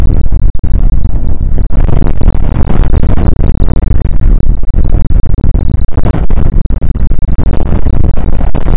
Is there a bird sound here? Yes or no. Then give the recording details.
no. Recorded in the Prudhoe Bay oil fields, Alaska, on 29 May 2019 at 00:00. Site 25